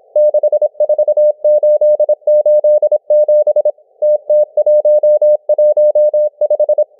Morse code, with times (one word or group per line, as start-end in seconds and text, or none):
0.2-3.7 64887
4.0-6.8 TT115